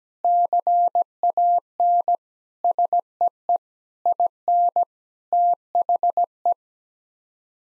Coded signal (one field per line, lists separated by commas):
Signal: Morse code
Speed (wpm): 17 wpm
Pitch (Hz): 700 Hz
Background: none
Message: CAN SEE IN THE